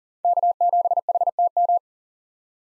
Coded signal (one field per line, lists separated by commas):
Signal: Morse code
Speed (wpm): 40 wpm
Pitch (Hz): 700 Hz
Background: none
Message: K7HTM